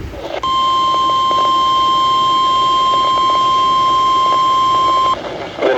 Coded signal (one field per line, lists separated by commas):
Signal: Emergency Alert System (SAME) tones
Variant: 1050 Hz attention tone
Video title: August Slight Insanity | EAS Alerts From 8/3/2022 (EAS #1,648-1,693)